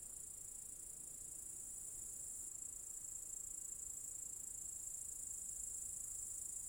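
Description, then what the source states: Cicadas giving a steady, very high-pitched continuous hiss-like buzz that holds level throughout, with a faint low rumble underneath. Cicadas in an apple tree orchard at Zalensų Sodybos, Lithuania, recorded 23 August 2015.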